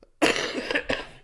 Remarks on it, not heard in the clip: I actually did have chest pain, but it was bronchial chest pain. I still have leftover phlegm. I'm like still kind of sick. You're coughing like a third grade sick kid. I'm sorry. I'm fine, though. I'm on amoxicillin.